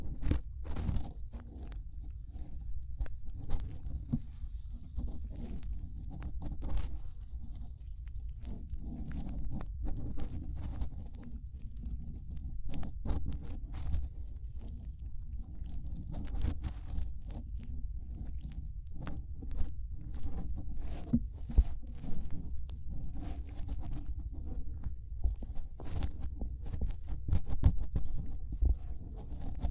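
Fingers rubbing and scraping inside the ear make a low, muffled rumble that never lets up. Sharp crackles and pops break through constantly and unevenly, some louder and brighter than others, with a few strong clicks near the end.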